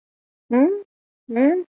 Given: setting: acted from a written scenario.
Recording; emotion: vocal sound without words; confusion